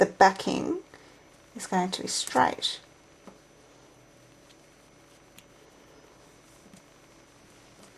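Someone talks while a metal button back is lined up straight on a fabric-covered button shell, ready to be pressed home with a plastic pusher. After the talking, only faint handling sounds remain, with one brief soft tick at about 5.4 s. Nothing has been pressed or seated yet.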